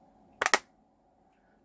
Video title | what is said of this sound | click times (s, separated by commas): Cloverleaf palette and a painting using Michael Harding watercolours | satisfying click | 0.5 s